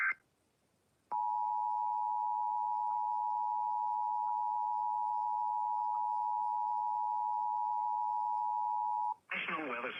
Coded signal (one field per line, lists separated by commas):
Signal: Emergency Alert System (SAME) tones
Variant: 853 and 960 Hz attention tone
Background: speech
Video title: EAS Severe T’storm Warning #47 3/14/25 (Credit Goes To @SouthernPennsylvaniaWX & @KanawhaCountyWX)